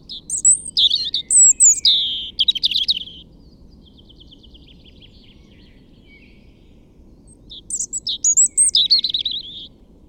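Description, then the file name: European robin song in two bursts: high, liquid warbling notes with a short trill, then silence for several seconds before a similar sparkling phrase returns. "Erithacus rubecula"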